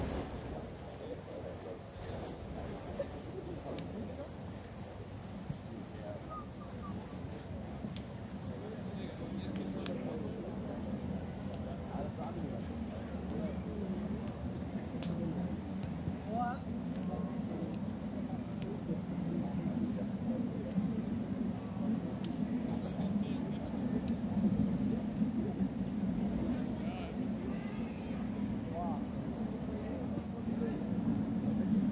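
People passing by in Munich's Englischer Garten, steady murmur of overlapping conversation under a low rumble, with occasional brief knocks and clicks.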